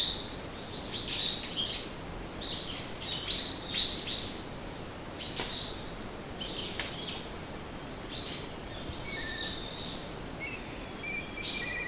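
Bird calls: irregular high chirps and twitters, a few sharp clicks, and thin steady whistled tones late over soft ambient noise.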